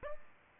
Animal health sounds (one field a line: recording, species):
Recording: mosquito wingbeat signal from an infrared sensor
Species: Aedes albopictus